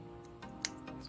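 A plastic push clip holding the fender liner of a 2017 Kia Forte is pushed into its hole in the wheel well, then tested by pulling back. A sharp, bright click at 0.7 s marks the clip snapping in, with softer taps around 0.4, 0.9 and 1.1 s over a steady background hum. The clip is seated.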